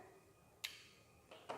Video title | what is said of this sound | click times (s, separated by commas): Taking a measurement With Explanation - Training #2 | Slide it down, hear the click, | 0.6 s